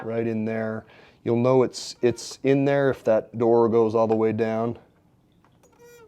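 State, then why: Not seated. Someone talks while handling the spring-loaded plastic filter door on a Philips DreamStation CPAP machine, with the filter already in place beneath it. A couple of faint, brief taps follow after the talking stops. Nothing has snapped into place yet.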